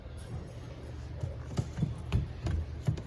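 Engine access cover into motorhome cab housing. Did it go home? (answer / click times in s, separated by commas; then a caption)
no / none. An engine access cover beside the oil dipstick is handled against the cab engine housing of a 2024 Forest River Sunseeker 2850SLEF motorhome, with low rustling and soft knocks that rise to sharper taps around 1.6, 2.1 and 2.5 seconds. The cover is taken off easily and brought back toward its housing, but nothing has seated or locked into place yet.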